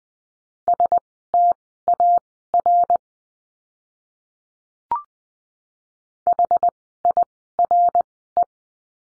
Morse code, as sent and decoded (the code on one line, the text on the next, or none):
... - .- .-. / .... .. .-. .
STAR HIRE